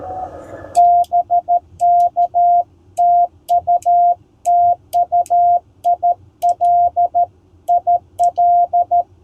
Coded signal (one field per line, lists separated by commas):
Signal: Morse code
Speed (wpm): 13 wpm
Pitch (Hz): 690 Hz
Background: none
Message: BK TU TU IL IL